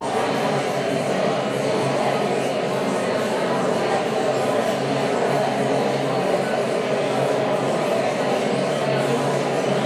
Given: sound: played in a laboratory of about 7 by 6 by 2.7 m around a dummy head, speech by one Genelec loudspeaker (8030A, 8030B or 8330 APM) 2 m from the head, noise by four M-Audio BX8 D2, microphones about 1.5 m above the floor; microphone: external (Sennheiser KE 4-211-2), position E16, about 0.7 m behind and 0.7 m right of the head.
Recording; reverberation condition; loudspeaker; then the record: babble noise; high; four, about 170 cm from the corners of the room and facing them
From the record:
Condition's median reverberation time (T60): about 1300 ms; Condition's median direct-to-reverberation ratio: about -4.0 dB